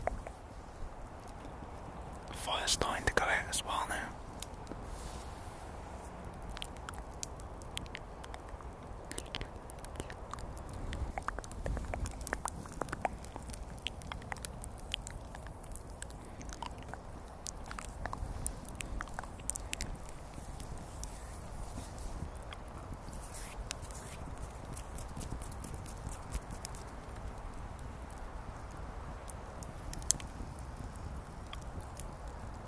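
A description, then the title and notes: A small woodland fire imitated with the mouth: steady soft hiss under dense, irregular pops and crackles, with a louder flurry near the start. ASMR Small Fire In The Woods. (MOUTH SOUNDS).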